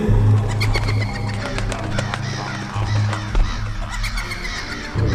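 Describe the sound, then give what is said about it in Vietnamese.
A flock of black crows swooping down from tree branches to the ground caws harshly, the rasping calls overlapping in repeated bursts throughout, set against a low, steady droning hum. “Một đàn quạ đen lao từ trên những nhánh cây xuống đất. Chúng nó kêu quang quát, hòa vào cái tiếng cười mang rợ phát ra khắp tứ phương.”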